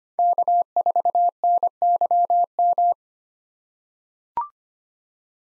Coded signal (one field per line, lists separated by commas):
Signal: Morse code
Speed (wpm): 25 wpm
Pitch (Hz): 700 Hz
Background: none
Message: K4NYM